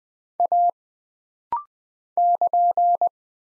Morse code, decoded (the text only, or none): A <KN>